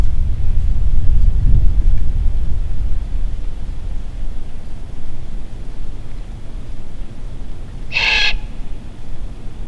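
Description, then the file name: Great horned owl making one brief, rasping screech about eight seconds in, over a low rumble. "Great Horned Owl - Bubo virginianus"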